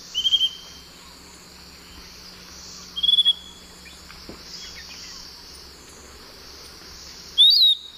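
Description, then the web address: Piratic flycatcher giving thin, high, slurred whistled notes with a fluttering edge, repeated three times, several seconds apart, over a steady high insect drone. Recorded in the eastern lowlands of South America. "Natures Songs S America Eastern Lowlands. Legatus leucophaius, song"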